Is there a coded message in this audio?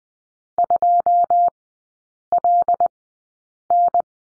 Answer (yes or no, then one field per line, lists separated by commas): yes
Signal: Morse code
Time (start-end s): 0.6-4.0 s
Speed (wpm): 20 wpm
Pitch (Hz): 700 Hz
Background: none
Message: 2 L N